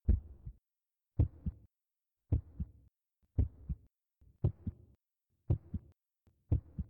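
Slow, steady low thumps in paired lub-dub beats, about 57 a minute, each pair followed by a short faint rumble. A heartbeat sound effect.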